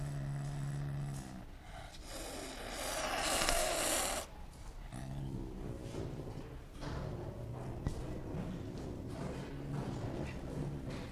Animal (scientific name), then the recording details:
Caracal caracal. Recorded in captivity. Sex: male. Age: adult. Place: Zoo Berlin, Berlin, DE. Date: 1958-12-02 17:00. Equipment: Reporter (Vollspur). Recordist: Tembrock, Günter. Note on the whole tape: Männchen: Knurren und Fauchen gegen Beobachter